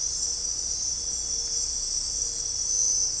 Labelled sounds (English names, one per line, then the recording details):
none
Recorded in dense forest near Puerto Asís, Putumayo, Colombia, on 16 December 2024 at 01:00
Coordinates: 0.499, -76.324
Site G045